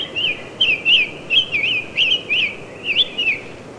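Summer Tanager song: a steady chain of slurred whistles, several phrases in under four seconds, each a quick rise and fall, with faint hiss behind.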